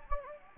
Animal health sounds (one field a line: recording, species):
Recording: mosquito wingbeat signal from an infrared sensor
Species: Anopheles gambiae